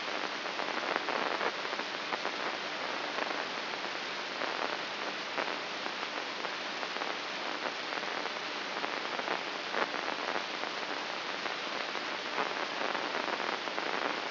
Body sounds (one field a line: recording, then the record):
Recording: brain microelectrode recording played as sound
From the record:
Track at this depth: inside the subthalamic nucleus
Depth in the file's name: 7.043 mm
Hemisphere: left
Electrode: 2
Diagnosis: Parkinson's disease